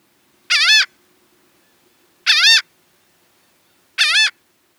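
Laughing gull call, three loud nasal cries, evenly spaced and a little under two seconds apart.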